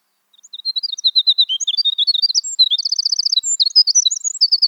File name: Winter Wren